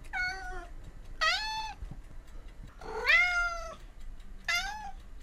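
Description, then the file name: Domestic cat giving four plaintive meows, most sliding downward in pitch, with faint low background noise between calls. "kot - Myaukane"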